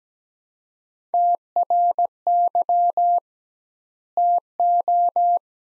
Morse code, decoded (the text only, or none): TRY TO